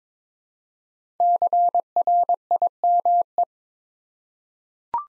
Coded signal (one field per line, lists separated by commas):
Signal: Morse code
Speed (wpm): 23 wpm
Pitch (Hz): 700 Hz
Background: none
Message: CRIME